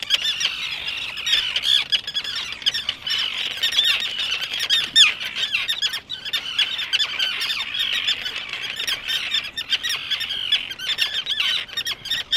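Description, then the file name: Common terns giving harsh, grating screeches that overlap constantly in a dense, noisy chorus of many birds, with no pause throughout. "Flusseeschwalben"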